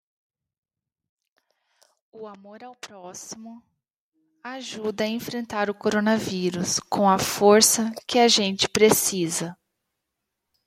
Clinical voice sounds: spoken sentence; Brazilian Portuguese; female; 30 to 39 years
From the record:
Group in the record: control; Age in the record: 37 years

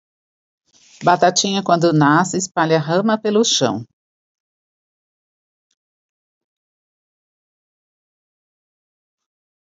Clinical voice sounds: short text; Brazilian Portuguese; female; 50 to 59 years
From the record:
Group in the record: control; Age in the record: 56 years

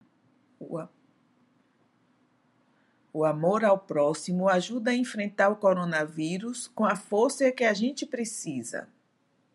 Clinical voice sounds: spoken sentence; Brazilian Portuguese; female; 50 to 59 years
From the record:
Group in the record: control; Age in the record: 57 years

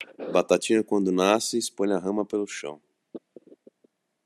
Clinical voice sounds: short text; Brazilian Portuguese; male; 40 to 49 years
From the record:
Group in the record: control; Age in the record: 42 years

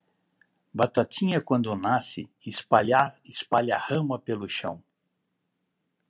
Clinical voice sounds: short text; Brazilian Portuguese; male; 60 to 69 years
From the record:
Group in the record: control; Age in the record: 67 years

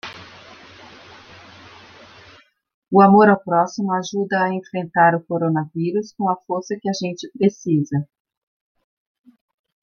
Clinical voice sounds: spoken sentence; Brazilian Portuguese; female; 50 to 59 years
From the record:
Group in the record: control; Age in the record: 52 years

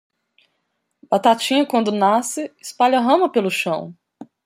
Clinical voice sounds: short text; Brazilian Portuguese; female; 30 to 39 years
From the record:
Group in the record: control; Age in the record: 31 years

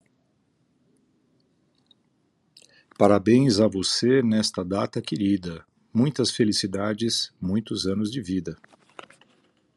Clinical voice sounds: short text; Brazilian Portuguese; male; 60 to 69 years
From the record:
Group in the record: control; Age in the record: 60 years

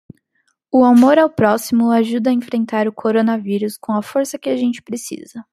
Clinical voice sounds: spoken sentence; Brazilian Portuguese; female; 20 to 29 years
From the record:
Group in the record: control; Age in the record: 25 years

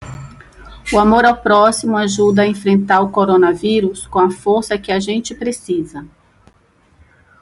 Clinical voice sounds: spoken sentence; Brazilian Portuguese; female; 50 to 59 years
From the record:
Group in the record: control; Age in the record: 56 years

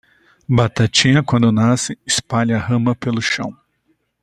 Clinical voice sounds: short text; Brazilian Portuguese; male; 50 to 59 years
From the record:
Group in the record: control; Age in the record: 50 years

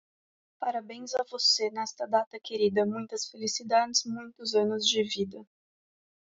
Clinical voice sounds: short text; Brazilian Portuguese; female; 20 to 29 years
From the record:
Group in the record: control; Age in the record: 20 years

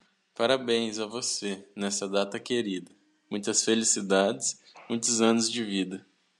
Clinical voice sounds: short text; Brazilian Portuguese; female; 20 to 29 years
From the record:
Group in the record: control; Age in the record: 20 years

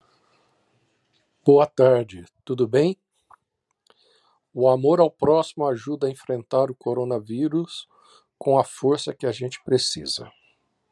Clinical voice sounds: spoken sentence; Brazilian Portuguese; male; 50 to 59 years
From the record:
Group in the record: control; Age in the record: 56 years

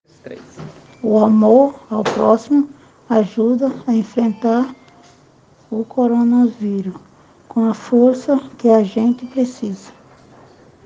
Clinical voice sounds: spoken sentence; Brazilian Portuguese; female; 50 to 59 years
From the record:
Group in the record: respiratory insufficiency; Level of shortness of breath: 5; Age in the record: 50 years

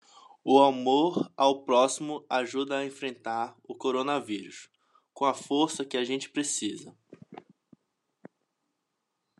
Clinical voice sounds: spoken sentence; Brazilian Portuguese; male; 20 to 29 years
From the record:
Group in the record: control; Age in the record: 27 years

